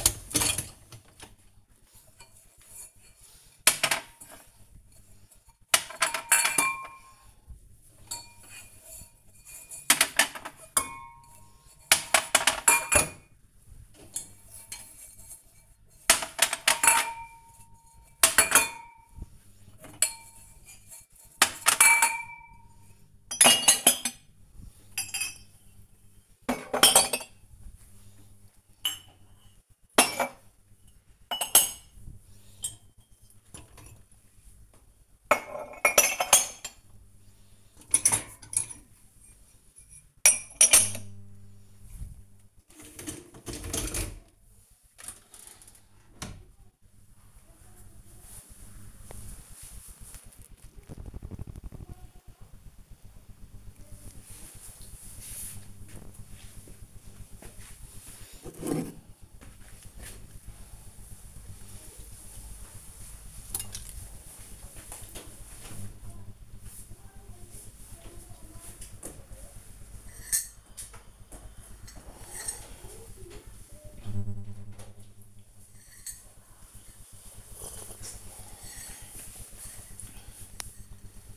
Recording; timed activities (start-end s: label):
household activities, microphone on the right wrist
0.00-46.00 s: cleaning out the dishwasher
59.07-81.36 s: drinking